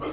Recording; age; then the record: pig call; growing-finishing pig (85 days or more)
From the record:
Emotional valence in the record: positive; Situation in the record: run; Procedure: transit